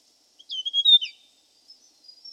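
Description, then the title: Hill prinia call, a quick run of high chirps ending in a falling slur, faint thin notes trailing afterwards. "prenjk gnung. Suara burung prenjak gunung"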